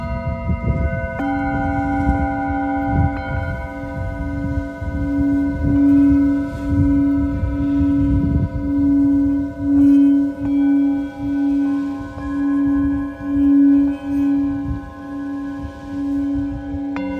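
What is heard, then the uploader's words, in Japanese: A singing bowl rings in a sound healing session, its low steady tone swelling and fading in a slow, regular pulse about once a second. Higher bright overtones hang above it, with new strikes adding fresh ringing tones around two, ten and sixteen seconds. 秋分メキシコから シンギングボウルのサウンドヒーリング。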